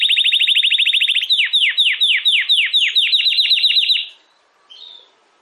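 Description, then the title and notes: Domestic canary song: a fast rolling trill that slows into spaced, descending slurred notes, then fades, followed by one brief chirp. Belgian canary singing in the campainha song style. "Canário Belga Campainha Canary Singing. Canario Belga Cantando"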